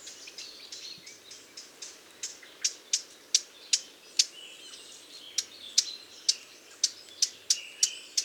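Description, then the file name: Eurasian blackcap: a run of sharp tack notes that grows louder, mixed with soft high warbling of other birds. "Sylvia atricapilla"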